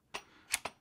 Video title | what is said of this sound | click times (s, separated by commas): GVM 600s Led Ring Light Review and Tutorial. | the light and you'll hear them click in and they're in here | 0.5 s